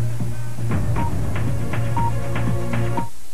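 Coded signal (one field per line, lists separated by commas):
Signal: none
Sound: news jingle beeps in music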